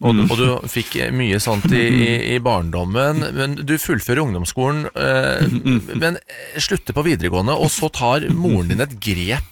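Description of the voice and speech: A man asks a question in Norwegian in clear, fluent speech with an ordinary voice and steady pace.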